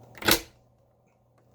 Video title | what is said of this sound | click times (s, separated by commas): Moosoo U1400-A Vacuuming Living Room (Bonus Update as well!) | and then you just grab the machine and you just push it down until it clicks into place and seals everything up | 0.2 s